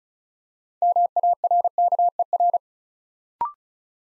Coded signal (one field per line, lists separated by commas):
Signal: Morse code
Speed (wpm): 36 wpm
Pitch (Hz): 700 Hz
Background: none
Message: MARKER